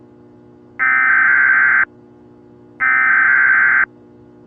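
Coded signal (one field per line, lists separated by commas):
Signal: Emergency Alert System (SAME) tones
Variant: header bursts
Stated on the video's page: Mock tornado warning alert on NOAA Weather Radio station KDO89.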